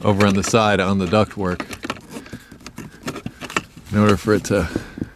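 A plastic duct section is handled on the side of the HVAC duct work to be inserted so it seats properly. Someone talks while short plastic taps and knocks are heard. Nothing has seated or clicked yet.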